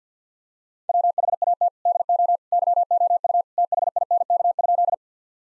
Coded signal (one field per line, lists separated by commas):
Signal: Morse code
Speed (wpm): 50 wpm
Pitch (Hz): 700 Hz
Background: none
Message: WHAT DO YOU THINK?